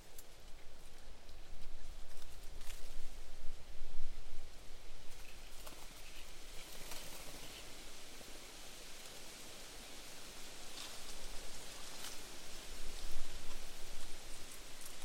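Wind rushes steadily through eucalyptus leaves in a dense, hissing wash, with a low rumble beneath and brief brighter gusts every few seconds.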